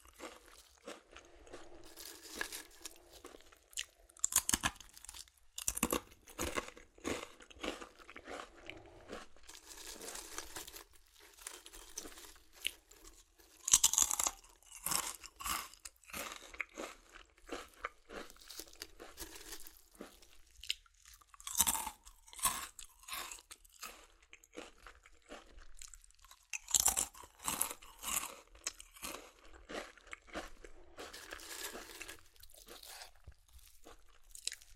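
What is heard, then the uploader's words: Crunchy chips are crushed and chewed, with sharp, bright crackles bursting in quick irregular clusters throughout. The loudest crunches land around 14, 22 and 27 seconds, between softer crinkling and brief quiet gaps. ASMR Satisfying Chips Crunchy Crushing & Eating Sounds (No Talking).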